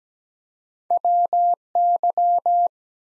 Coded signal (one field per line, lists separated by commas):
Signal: Morse code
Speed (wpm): 17 wpm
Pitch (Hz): 700 Hz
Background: none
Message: WY